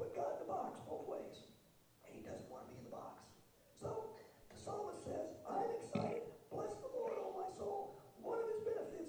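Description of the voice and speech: An adult male pastor preaches on Psalm 103:2-4 in a rough, creaky, strained voice with little clarity: marked hoarseness. He had lost his voice, and only a little of it had come back, still very hoarse, after his throat had been tight for three to four years.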